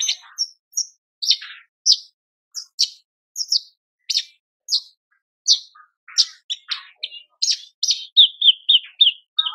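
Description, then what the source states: Horsfield's bush lark song of sharp chirps roughly every half second, then a fast run of repeated notes near the end. Branjangan song described as super gacor (very lively), in a masteran recording for training cage birds.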